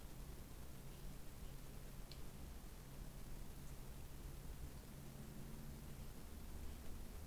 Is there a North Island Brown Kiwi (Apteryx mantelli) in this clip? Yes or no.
no